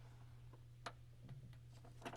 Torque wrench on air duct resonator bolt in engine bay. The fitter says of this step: and you should hear a little click